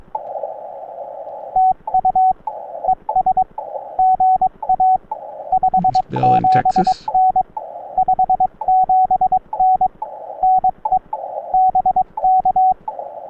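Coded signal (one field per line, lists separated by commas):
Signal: Morse code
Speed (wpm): 22 wpm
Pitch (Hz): 750 Hz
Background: radio noise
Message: TU ES GA 57N 57N NE BK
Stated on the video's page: CW Parks on the Air activation on 20m using a Xiegu G90, a 17-foot vertical whip, a solid state dual paddle and a memory keyer, with hunters calling.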